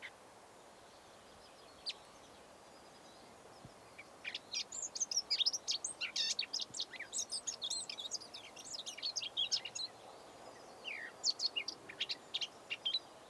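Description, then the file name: Eurasian blackcap giving a soft, scratchy, rapid warble of varied high chattering notes, starting after a few quiet seconds, over faint background hiss. "Sylvia atricapilla"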